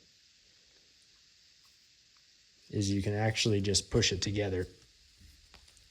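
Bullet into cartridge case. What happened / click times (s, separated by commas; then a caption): Parts are being pressed together by hand; no seating pop yet / none. A bullet and brass cartridge case sit in a seating tool and are pushed together by hand so the bullet goes deeper into the case. Someone talks from about 2.7 to 4.7 seconds, followed by faint light handling ticks near 5.6 seconds over a quiet background. Nothing has seated or popped yet when the clip ends.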